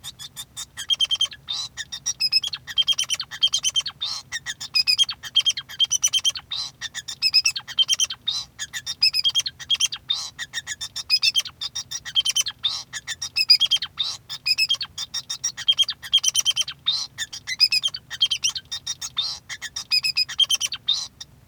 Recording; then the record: song of a male Bengalese finch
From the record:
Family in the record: son of father 2